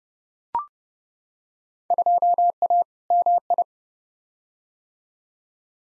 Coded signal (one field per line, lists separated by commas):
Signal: Morse code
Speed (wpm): 29 wpm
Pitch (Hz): 700 Hz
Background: none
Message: 2A MI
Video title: Field Day Exchange v2 - 30wpm